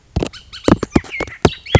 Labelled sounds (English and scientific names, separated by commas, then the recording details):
Bullock's Oriole (Icterus bullockii)
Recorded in Sonoma County, California